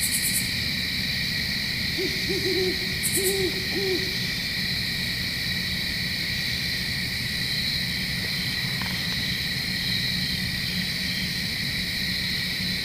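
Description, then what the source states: Owl hooting: a short burst of low, wavering hoots in two quick groups, over a steady high-pitched cricket chorus. In Flat Rock, with crickets calling in the background.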